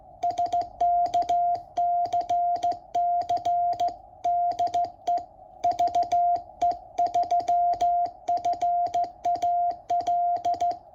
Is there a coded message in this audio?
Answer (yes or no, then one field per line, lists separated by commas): yes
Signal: Morse code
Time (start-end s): 0.2-10.7 s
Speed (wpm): 16 wpm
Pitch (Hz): 700 Hz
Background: none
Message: SKCC DE VE3FAL